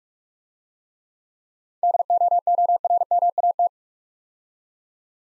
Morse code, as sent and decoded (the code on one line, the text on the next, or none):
-.. --- --- .-. -- .- -
DOORMAT